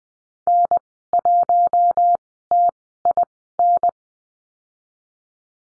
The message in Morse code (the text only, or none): N1TIN